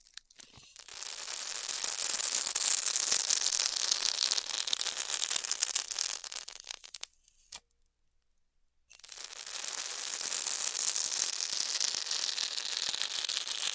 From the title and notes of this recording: ASMR Styrofoam Heat Cutting (No Talking).